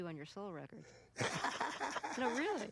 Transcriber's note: soundbite of laughter